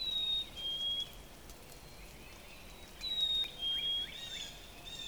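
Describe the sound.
Northern Cardinal whistles: two phrases about three seconds apart, each of two long clear notes stepping down in pitch, followed by short rising slurs over a soft background hiss.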